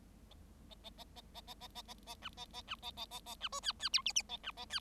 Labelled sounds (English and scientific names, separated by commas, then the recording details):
Bengalese Finch (Lonchura striata domestica) song
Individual Bird7